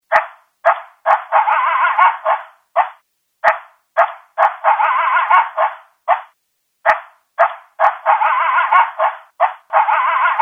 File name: Coyote